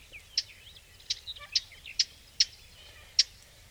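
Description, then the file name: Eurasian blackcap hard tac calls, six sharp clicking notes at uneven intervals, with faint chirping behind. "Sylvia atricapilla"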